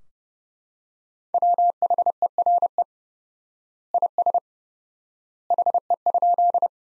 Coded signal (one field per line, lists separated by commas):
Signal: Morse code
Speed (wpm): 32 wpm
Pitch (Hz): 700 Hz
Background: none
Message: WHERE IS HE?